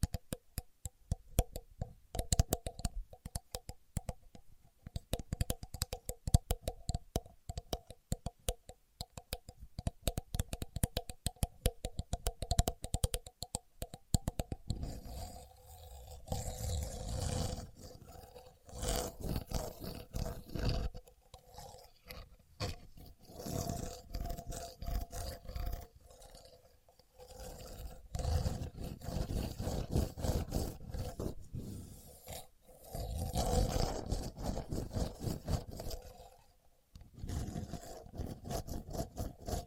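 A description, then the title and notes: A contour gauge is handled, its pins rattling in dense, rapid clicking for the first fifteen seconds. After that the sound turns to longer rough scraping and sliding pushes, broken by short pauses around 16, 26 and 37 seconds. A faint steady hum runs underneath throughout. Using A Contour Gauge (No Talking).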